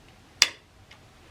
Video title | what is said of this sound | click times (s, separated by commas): Benelli Montefeltro Range Day, Disassemble, Cleaning and Reassemble | it locks in place here's a little snap | 0.4 s